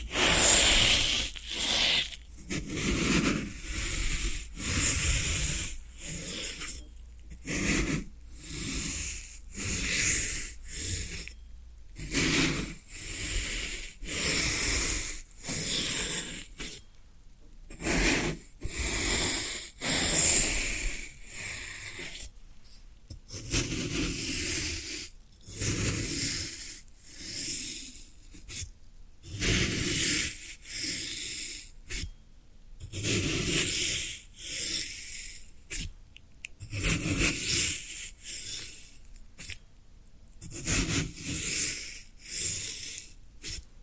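Floral foam is pressed, rubbed and crumbled in a steady run of short, crisp strokes, each a bright scratchy hiss with soft crackle. The bursts come about every second with brief silent gaps between them, and the pace and loudness barely change throughout.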